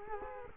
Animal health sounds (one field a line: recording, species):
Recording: mosquito wingbeat signal from an infrared sensor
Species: Culex quinquefasciatus